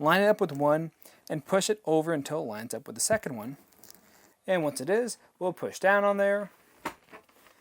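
A Thomas Payne pushback RV recliner's backrest is being lined up with the metal mounting brackets on the seat base, shifted over from one bracket to the second, while someone talks. A few faint handling sounds occur around 3.8–4.0 s and a sharper knock near 6.9 s, but the clip ends before the backrest is pushed down. Nothing has seated or clicked yet.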